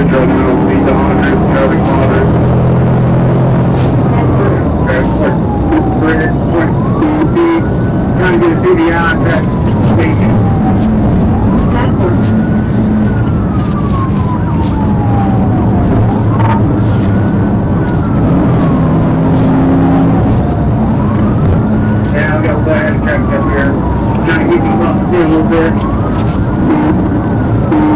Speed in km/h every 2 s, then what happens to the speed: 147, 161, 163, 163, 159, 137, 114, 108, 113, 121, 119, 118, 109, 111.
0-2 speeds up to 161. 2-7 steady at about 163. 7-13 brakes to 108. 13-18 speeds up to 121. 18-28 slows to 111.